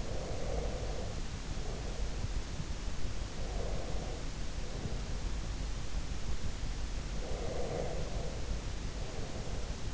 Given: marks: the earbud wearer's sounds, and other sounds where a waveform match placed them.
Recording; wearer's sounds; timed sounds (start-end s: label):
sounds in sleep by an in-ear microphone; breath
0.00-2.59 s: breath
3.31-5.52 s: breath
7.14-9.81 s: breath